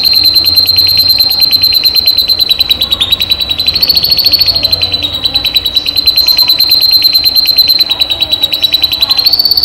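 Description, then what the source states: Canary song: long continuous rolling trill at high pitch, rapid pulses with slight dips and rises in tone throughout. Cage canary; recording used as training therapy to increase a canary's singing volume.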